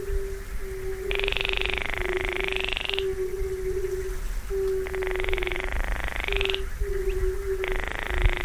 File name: Baillons Crake